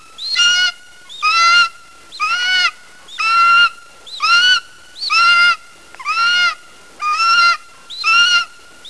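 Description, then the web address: Golden eagle giving repeated harsh yelps, each note strident and rich in overtones, spaced about one second apart in a steady rhythm. "roptorlady Goldens"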